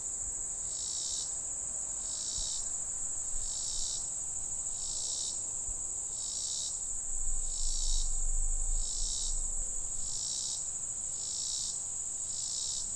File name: Robinsons Cicada